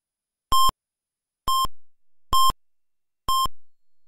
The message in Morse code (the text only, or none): none